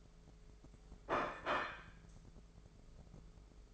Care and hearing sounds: daily activity, microphone in the room; place plate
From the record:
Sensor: 5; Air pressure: 1015.2 hPa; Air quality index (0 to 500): 206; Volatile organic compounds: 10 ppm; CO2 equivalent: 2258 ppm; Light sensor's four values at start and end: 79/185/79/86 and 78/185/79/86

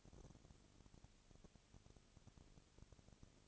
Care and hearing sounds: daily activity, microphone in the room; no activity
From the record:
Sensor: 4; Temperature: 22.3 degrees Celsius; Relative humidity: 32.7%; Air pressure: 1001.9 hPa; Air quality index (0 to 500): 186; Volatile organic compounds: 4 ppm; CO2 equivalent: 1644 ppm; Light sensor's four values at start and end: 2/3/1/1 and 2/3/1/1

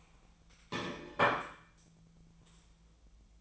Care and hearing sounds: daily activity, microphone in the room; place plate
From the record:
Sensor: 1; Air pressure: 1009.4 hPa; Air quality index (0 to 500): 196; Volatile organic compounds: 20 ppm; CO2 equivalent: 2679 ppm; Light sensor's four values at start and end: 28/72/30/35 and 28/72/30/36

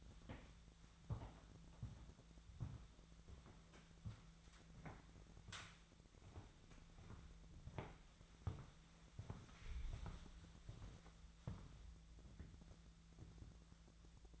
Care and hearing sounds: daily activity, microphone in the room; walk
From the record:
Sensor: 3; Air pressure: 1008.3 hPa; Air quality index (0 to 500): 191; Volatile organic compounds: 14 ppm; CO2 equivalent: 2457 ppm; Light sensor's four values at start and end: 17/40/17/17 and 17/42/18/18

